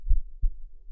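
Two soft, deep thumps, a lub-dub pair, from a calm, regular adult heartbeat heard close to the chest.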